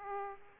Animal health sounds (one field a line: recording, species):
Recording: mosquito wingbeat signal from an infrared sensor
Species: Aedes aegypti